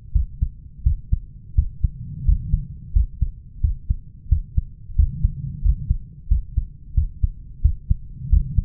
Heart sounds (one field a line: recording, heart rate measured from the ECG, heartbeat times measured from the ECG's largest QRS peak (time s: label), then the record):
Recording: heart sounds by stethoscope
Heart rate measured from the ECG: 88 bpm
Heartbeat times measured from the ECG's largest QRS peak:
0.15 s: heartbeat
0.85 s: heartbeat
1.57 s: heartbeat
2.27 s: heartbeat
2.95 s: heartbeat
3.63 s: heartbeat
4.31 s: heartbeat
4.98 s: heartbeat
5.64 s: heartbeat
6.30 s: heartbeat
6.96 s: heartbeat
7.64 s: heartbeat
8.32 s: heartbeat
From the record:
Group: healthy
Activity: rest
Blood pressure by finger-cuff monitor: 146/84 mmHg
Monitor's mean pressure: 105 mmHg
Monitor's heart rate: 90 bpm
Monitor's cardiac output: 7.2 L/min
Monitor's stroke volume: 81 mL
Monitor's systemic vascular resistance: 1070 dyn s/cm5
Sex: male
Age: 21 years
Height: 175 cm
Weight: 72.6 kg